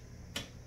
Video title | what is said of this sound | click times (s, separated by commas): Time to Wrap and Fletch Arrows | is and there's the click okay | 0.4 s